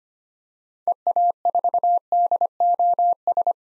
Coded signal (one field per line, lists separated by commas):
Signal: Morse code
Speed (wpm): 25 wpm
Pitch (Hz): 700 Hz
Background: none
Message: EA4DOS